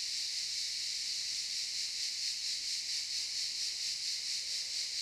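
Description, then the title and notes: Cicadas produce a steady pulsing rasp, a dense insect chorus with no other clear sounds. Cicadas in the pine forest of a campsite at Albinia, Grosseto, Tuscany, Italy. "Camping Africa, Via Aurelia, Albinia, Grosseto, Toscana, 58015, Italia - Cicale nel campeggio. Cicale nella pineta del campeggio. Cicadas in the pine forest of the campsite"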